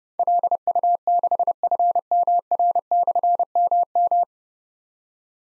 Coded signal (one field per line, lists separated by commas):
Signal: Morse code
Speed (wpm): 30 wpm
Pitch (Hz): 700 Hz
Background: none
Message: LU6FMR/MM